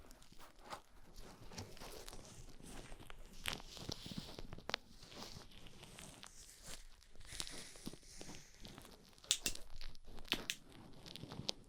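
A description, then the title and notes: Ear cleaning with no talking: soft, continuous scratching and rustling, bright and hissy. Sharper crackles and clicks pop out irregularly, with clusters around the fourth, seventh and ninth seconds, over a faint low rumble. ASMR Twin Ear Cleaning No Talking.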